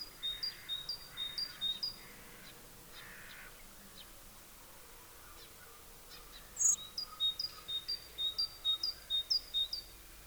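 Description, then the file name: Great tit singing bright, high two-note phrases in two quick runs with a long gap between them. "Parus major"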